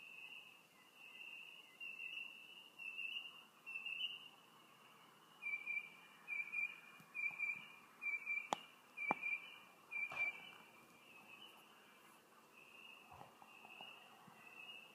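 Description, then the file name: A bird gives high, pure whistled notes, first in a loose series and then in a regular run about once a second, with a few sharp clicks. "Tweets"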